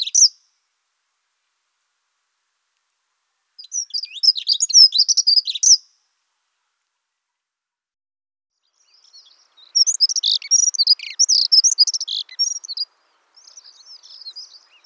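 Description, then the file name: Dunnock song: a few quick, high, tinkling warbled phrases separated by silent gaps. "prunella modularis"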